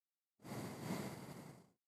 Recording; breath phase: one breath near a microphone; exhalation